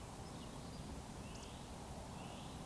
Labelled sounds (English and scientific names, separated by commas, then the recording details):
Eurasian Woodcock (Scolopax rusticola) whistle
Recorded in Baden-Württemberg, Germany, on 19 May 2020 at 19:49 UTC
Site 31917, 145 m above sea level